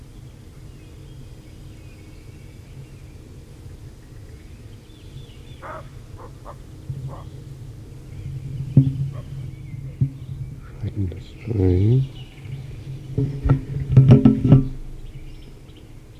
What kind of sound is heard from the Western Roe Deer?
barking